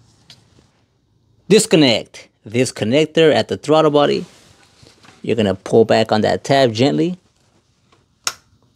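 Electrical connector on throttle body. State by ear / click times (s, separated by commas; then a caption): released / 8.3 s. Someone talks while gently pulling back the locking tab on the plastic electrical connector at the throttle body of an Audi A4 1.8T Quattro (AMB, B6). A sharp click at 8.3 s marks the tab releasing, so the connector can be pulled off.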